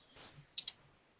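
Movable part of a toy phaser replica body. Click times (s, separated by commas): 0.6 s, 0.7 s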